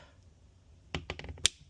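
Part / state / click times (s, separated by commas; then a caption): polymer backstrap onto pistol grip frame, held by a pin / seated / 1.5 s. An interchangeable polymer backstrap is pressed straight down onto a Glock pistol grip frame while a pin tool guides the retaining pin in. A few light ticks come at about 1.0, 1.1 and 1.2 seconds, then one sharp snap at 1.5 seconds. The backstrap is seated, held by the pin, and will not come off.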